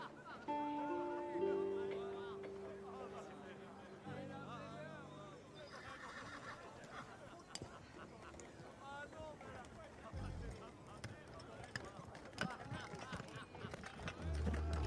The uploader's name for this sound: Quiet medieval town | distance music/chatter/horse cart